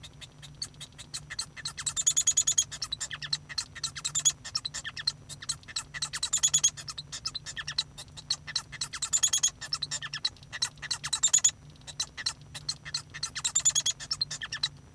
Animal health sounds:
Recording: song of a male Bengalese finch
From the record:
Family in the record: son of father 1

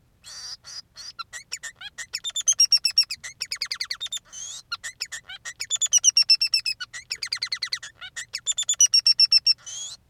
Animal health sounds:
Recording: song of a male Bengalese finch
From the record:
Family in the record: son of father 3

